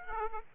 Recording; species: mosquito wingbeat signal from an infrared sensor; Aedes aegypti